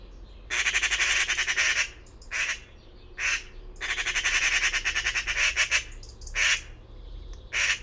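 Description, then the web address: Harsh bird calls, with long grating runs of rapid pulses alternating with shorter squawks, repeated throughout. "cianscape birddata Deverinetal 2025"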